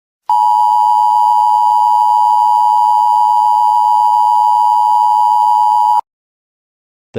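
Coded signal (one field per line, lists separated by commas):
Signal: Emergency Alert System (SAME) tones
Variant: 853 and 960 Hz attention tone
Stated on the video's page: Fake EAS tones for a tornado watch in Missouri; a simulated scenario.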